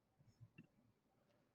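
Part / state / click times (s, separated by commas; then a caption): hoop earring hinge post snapping into its catch / seated / 0.6 s. The hinged post of a metal hoop earring is pressed closed and snaps into its catch with a sharp, bright click at 0.6 s, after a few soft low thumps of handling. The snap closure seats and holds the earring very securely.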